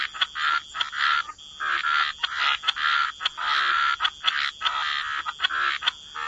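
Frog chorus of dense, raspy croaking bursts that overlap and pause briefly, with a steady high tone running underneath throughout.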